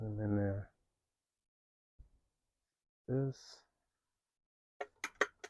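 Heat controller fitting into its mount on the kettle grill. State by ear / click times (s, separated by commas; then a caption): not seated / none. Someone talks while assembling a Weber heat controller kit, fitting one metal part of the heat controller onto another in its mount on a 22" Weber kettle grill. Near the end, a quick series of sharp metallic clinks is heard at about 4.8, 5.0 and 5.2 seconds. The part has not locked in place yet; nothing has seated or clicked home.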